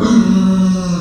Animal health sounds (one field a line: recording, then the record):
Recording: squeal of a Yucatan mini pig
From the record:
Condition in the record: after surgery on the right vocal fold (resection and tissue-engineered implant)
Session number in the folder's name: 9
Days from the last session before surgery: 65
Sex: female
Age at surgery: 19 weeks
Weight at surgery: 25 kg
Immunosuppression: prednisolone